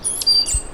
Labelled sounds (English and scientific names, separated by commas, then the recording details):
Stitchbird (Notiomystis cincta) song
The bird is a male
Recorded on Tiritiri Matangi Island, New Zealand, in 2005
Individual 1, of nest box 1